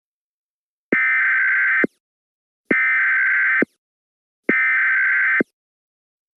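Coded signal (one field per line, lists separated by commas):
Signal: Emergency Alert System (SAME) tones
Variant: header bursts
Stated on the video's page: Simulated EAS scenario; the tones do not trigger a real EAS.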